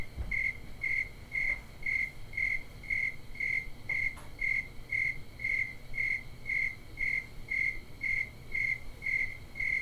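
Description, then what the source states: Cricket chirping steadily, quick high chirps about twice a second at a constant pace, over a quiet low hum. Crickets recorded at Bisbee.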